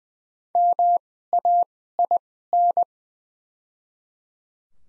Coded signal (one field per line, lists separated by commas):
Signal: Morse code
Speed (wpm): 20 wpm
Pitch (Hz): 700 Hz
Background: none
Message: MAIN